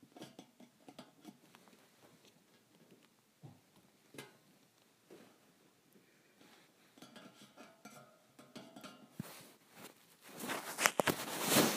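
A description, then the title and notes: Thin metal bars are tapped in a loose, irregular patter of light clicks and ticks, some sharper strikes standing out near 3.5 and 4 seconds. The taps grow busier after eight seconds, ending in a louder, denser flurry of bright, ringing hits. ASMR Tapping Thin Metal Bars.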